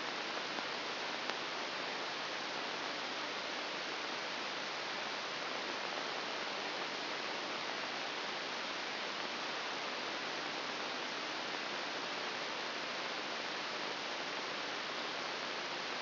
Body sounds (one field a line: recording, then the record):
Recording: brain microelectrode recording played as sound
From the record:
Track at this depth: inside the subthalamic nucleus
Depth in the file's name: 1.207 mm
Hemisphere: right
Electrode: 3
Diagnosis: Parkinson's disease